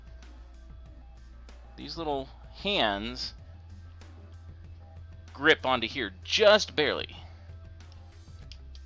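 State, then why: Seated. A plastic brick section of a toy robot model is pushed until it snaps and locks in place, with a sharp click at 8.5 s. Before that, someone talks over quiet background music.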